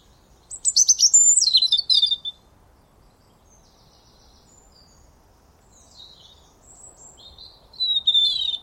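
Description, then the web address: European robin song: a rapid cascade of high, thin, warbling notes for about two seconds, then silence, fainter phrases, and another bright phrase at the end. "Deverinetal 2025 File origin Bird Only Er Ru"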